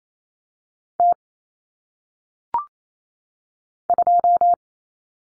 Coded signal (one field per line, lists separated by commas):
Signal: Morse code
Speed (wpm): 28 wpm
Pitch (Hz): 700 Hz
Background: none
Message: T 2